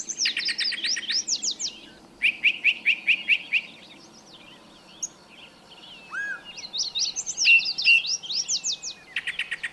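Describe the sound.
Birdsong: bursts of quick high chirps and trills, warbled phrases and a lower slurred whistle, with faint background noise.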